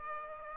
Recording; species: mosquito wingbeat signal from an infrared sensor; Aedes aegypti